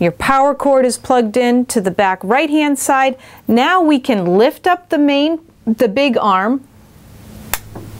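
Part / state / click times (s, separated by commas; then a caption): folding arm on a reading machine base / seated / 7.5 s. Someone talks, then the main folding arm of an Eye Pal desktop reading machine is lifted upright on its base, with the power cord plugged into the back right-hand side. A sharp click at 7.5 s is the arm locking into place, and the arm is seated.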